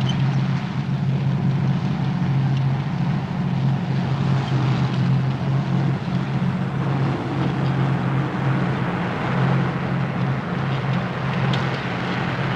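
Heavy engines rumble in a steady, loud low drone with a humming tone, as tarpaulin-covered trucks drive along a road, stopped by a traffic controller to let a GAZ-67 car pass, without a break for the whole stretch. No one speaks.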